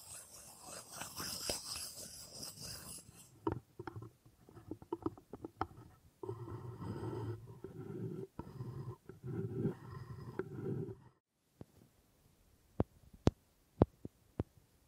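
Wood triggers: dry scratching and rubbing on wood, bright and hissy for the first three seconds, then a run of short taps and knocks. A low, rumbling rubbing fills roughly six to eleven seconds, then a brief silence and a few sharp, isolated clicks near the end.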